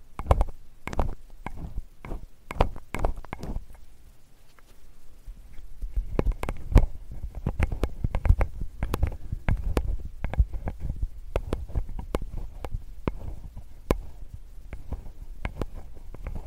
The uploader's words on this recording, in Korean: ASMR 편안한 쇠 귀이개 귀청소 시간.